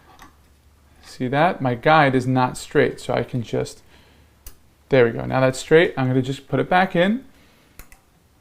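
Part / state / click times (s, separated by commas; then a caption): trumpet piston valve guide into valve casing slot / seated / 7.8 s, 7.9 s. Someone talks while straightening a crooked trumpet valve guide, then puts the piston back into the valve casing and rotates it. The guide clicks into its slot in the casing with two short, sharp clicks at 7.8 s and 7.9 s, and the valve is seated.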